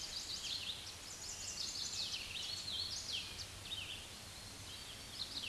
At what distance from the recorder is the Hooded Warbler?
about 55 m